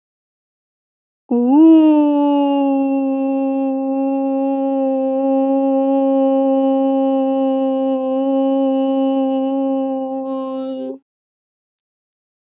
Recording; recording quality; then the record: sustained vowel as in boot; excellent, no background noise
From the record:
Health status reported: exposed to COVID-19, no respiratory illness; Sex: female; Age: 26 years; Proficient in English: yes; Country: India